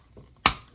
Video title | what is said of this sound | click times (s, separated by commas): Miniso Interstellar Bear - CollectionDX | click you get the click | 0.5 s